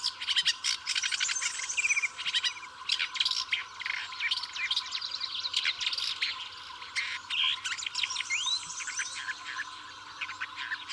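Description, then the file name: Woodchat shrike song: busy, scratchy warbling mixed with clear upslurred whistles and chattering notes, nearly unbroken throughout. "woodchat shrike omkicau"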